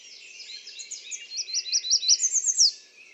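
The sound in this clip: American redstart singing a string of high, thin repeated notes that build in strength and end with an accented downward-slurring note.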